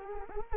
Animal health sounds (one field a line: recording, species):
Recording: mosquito wingbeat signal from an infrared sensor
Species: Anopheles arabiensis